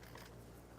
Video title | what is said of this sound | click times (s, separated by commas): etrailer - WaterPORT Overlander Portable Camping Shower Detailed Breakdown | push up on it until you hear it click, | 0.2 s